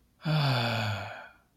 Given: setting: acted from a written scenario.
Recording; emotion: vocal sound without words; serenity